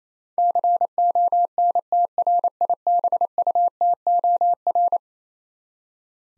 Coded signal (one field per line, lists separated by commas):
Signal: Morse code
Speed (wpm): 27 wpm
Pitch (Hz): 700 Hz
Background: none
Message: CONTRIBUTOR